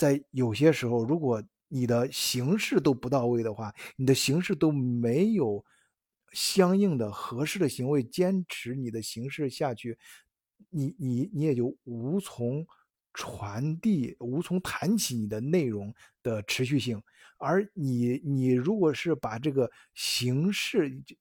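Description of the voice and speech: Adult male speaking Mandarin Chinese in a steady monologue, with stuttering heard as whole-word repetitions such as "you-you-you" (你你你) and "you-you" (你你). He stuttered severely as a child, and the stutter still returns at unpredictable times.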